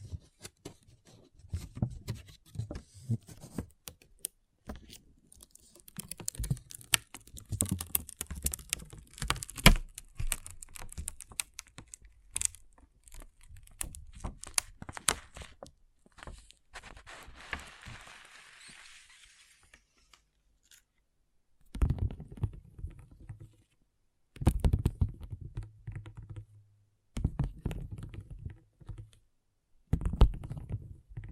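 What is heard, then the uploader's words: Pixel art beads clatter and tick in dense, irregular bursts, with a soft sifting hiss near twenty seconds, then short rattling handfuls with pauses. ASMR Relaxing Pixel Art Beads ( No Talking).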